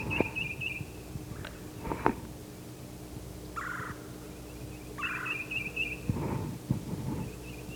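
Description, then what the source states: Titmouse calls: bursts of high chipping notes and short buzzy calls trade back and forth, mixed with knocking and rustling thumps. Wild titmice in calling exchanges coming from the north, probably from one of the birds that just left the tree.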